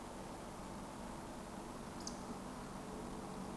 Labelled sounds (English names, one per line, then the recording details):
Eurasian Woodcock
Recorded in Baden-Württemberg, Germany, on 16 June 2020 at 20:31 UTC
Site 14569, 102 m above sea level